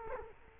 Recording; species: mosquito wingbeat signal from an infrared sensor; Culex quinquefasciatus